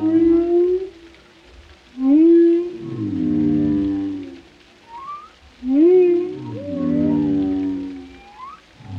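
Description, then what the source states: Whale song: a rising whoop leading into long harmonic moans, repeated about twice, with thin upslurred squeaks in between. Compilation of whale vocalizations for relaxation, including moans, resonant calls and melodic songs.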